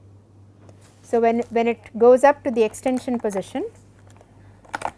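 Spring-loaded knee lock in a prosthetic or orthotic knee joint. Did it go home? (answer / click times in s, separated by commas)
yes / 4.8 s, 4.9 s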